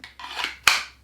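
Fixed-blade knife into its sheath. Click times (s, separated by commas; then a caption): 0.7 s. A fixed-blade, full-tang camping knife is pushed into its molded sheath: a brief scrape of the blade sliding in is followed by a sharp, crisp retention click at 0.7 s. The knife locks in place and is seated.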